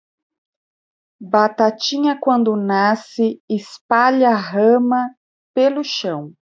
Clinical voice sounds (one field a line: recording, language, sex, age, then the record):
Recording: short text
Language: Brazilian Portuguese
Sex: female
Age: 40 to 49 years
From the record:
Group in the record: control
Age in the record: 49 years